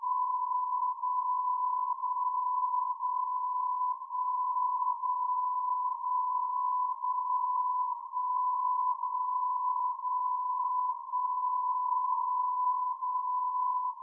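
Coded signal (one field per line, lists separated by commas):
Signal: radio time signal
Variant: DCF77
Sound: continuous 1 kHz beat tone with short dips in volume every second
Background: faint radio noise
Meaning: Each brief drop in level marks one second of the time code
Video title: DCF77 77.5kHz from D, 10 Jan 2022 04:39-04:45utc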